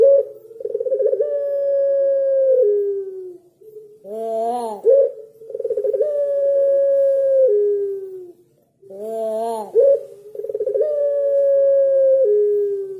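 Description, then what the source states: Barbary dove giving drawn-out level coos that step down at the close, each followed by a gruff arched rolling note, the phrase repeating about every five seconds. White Barbary dove; used as training material for songbirds to copy.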